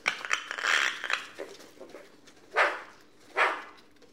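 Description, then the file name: Eurasian magpie with a rough, scratchy chattering burst followed by two separate harsh chak calls near the end. "Pica pica"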